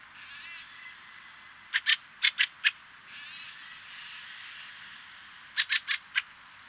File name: kwiczoł peter boesman. kramsvogel. roep